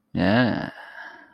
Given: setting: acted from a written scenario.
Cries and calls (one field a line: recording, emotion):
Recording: vocal sound without words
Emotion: desire